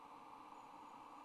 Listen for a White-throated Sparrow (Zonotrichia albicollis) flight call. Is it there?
no